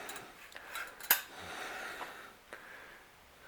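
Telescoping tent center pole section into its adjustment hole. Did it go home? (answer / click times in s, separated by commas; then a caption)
yes / 1.1 s. The bottom section of the Y-shaped telescoping center pole of an Ozark Trail 7 Person Teepee Tent is slid outward, with faint sliding and a small tick at 0.6 s before its spring button clicks into one of two adjustment holes with a sharp, bright snap at 1.1 s. Softer taps follow around 2.0 and 2.5 s, and the pole extension is seated in place.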